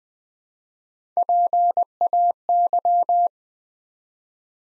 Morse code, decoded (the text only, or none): PAY